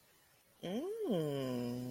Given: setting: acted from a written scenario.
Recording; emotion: vocal sound without words; romantic love